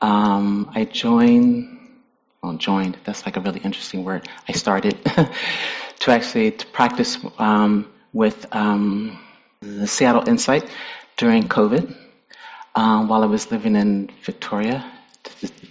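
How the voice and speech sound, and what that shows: An adult man who stutters sometimes gives a talk, speaking with frequent pauses, stretched 'um' and 'm' sounds, and a restart on one word before he swaps it for another. These are mild disfluencies of stuttering, a neurological disorder of the brain: prolongations, hesitations and word substitution.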